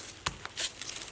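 A new rubber and metal brake caliper slide, lubricated to help prevent rust and corrosion, is pushed down by hand into the caliper bracket on the rear brakes of a 2018 Hyundai Kona. A sharp click at 0.3 s marks the slide seating in place, followed by softer ticks and a brief rustle. The slide ends up seated.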